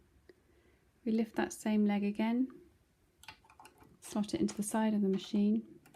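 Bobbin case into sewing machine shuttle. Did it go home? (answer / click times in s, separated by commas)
no / none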